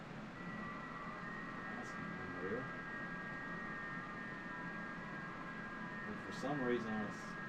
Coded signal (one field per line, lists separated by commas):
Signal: FT8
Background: speech